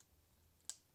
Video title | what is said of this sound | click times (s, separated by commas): Best 4Runner Brake Upgrade You’ll Wish You Did Sooner | there you go and then you could actually hear an audible click | 0.7 s